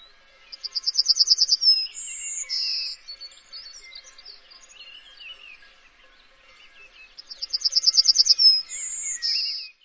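Bird song: a fast trill of repeated high notes, then a thin high whistle and a buzzy note, the phrase given twice, with soft chirps between.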